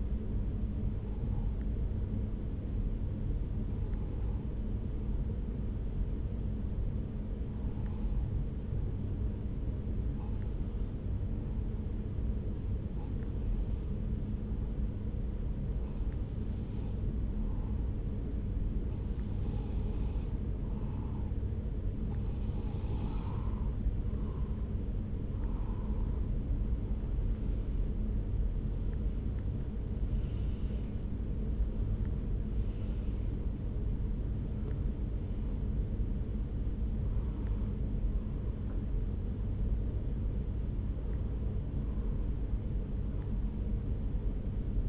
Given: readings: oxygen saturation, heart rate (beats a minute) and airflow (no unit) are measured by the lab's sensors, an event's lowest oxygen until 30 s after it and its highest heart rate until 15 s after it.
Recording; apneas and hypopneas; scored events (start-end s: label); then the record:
breathing in sleep by a smartphone at the bedside; 1
3.00-26.60 s: hypopnea (N1, oxygen 96% highest, then 92% lowest)
From the record:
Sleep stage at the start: N1 (lightest sleep); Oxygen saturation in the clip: 92 to 96%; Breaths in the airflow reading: 15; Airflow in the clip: -4.3 to 4.3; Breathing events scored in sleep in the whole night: 335 in 6.7 hours asleep